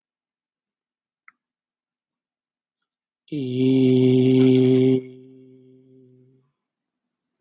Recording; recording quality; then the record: sustained vowel as in made; excellent, no background noise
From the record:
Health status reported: COVID-19 positive, moderate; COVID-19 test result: positive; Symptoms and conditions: cough, breathing difficulty, fever, muscle pain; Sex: male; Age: 43 years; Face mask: worn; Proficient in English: yes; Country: India